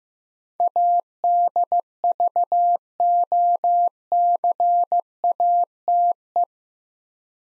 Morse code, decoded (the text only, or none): ADVOCATE